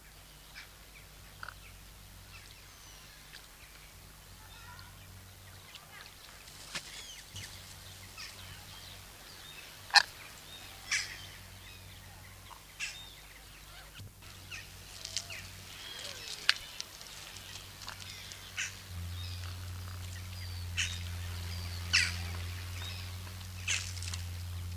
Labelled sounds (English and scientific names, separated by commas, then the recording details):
Demoiselle Crane (Grus virgo) call
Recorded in captivity
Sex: group
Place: Zoo Münster, Nordrhein-Westfalen, DE
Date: 1988-10-04 12:42
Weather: schwach sonnig, 15°C
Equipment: Sony WM-D6C, Kopie Uher
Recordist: Tembrock, Günter